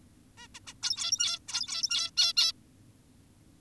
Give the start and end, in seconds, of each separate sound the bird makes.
0.38-0.48, 0.55-0.60, 0.67-0.74, 0.83-1.39, 1.48-2.11, 2.17-2.33, 2.37-2.52